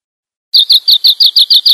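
Bird singing a fast series of eight high, clear chirps, evenly repeated about six per second, after a brief silence.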